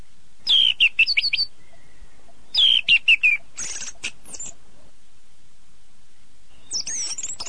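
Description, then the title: Bird sings two short bursts of bright, chirping notes, each a quick run of descending twitters, followed by a brief scratchy phrase near the end. "burung online"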